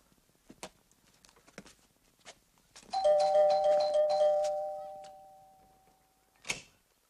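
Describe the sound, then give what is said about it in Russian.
A doorbell chimes once, bright ringing tones that hang and slowly fade over about three seconds, with a few soft taps before it and a sharp click afterward, as a man gets up from the living room table to go and open the door. “Андрей встает из-за стола в гостиной и идет открывать дверь.”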